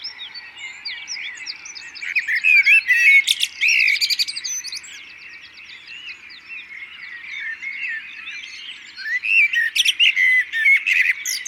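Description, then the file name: Common blackbird, loud chattering calls with sharp upward and downward sweeps in two bouts, a dense bird chorus behind. "Turdus merula"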